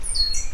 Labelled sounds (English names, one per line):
Stitchbird song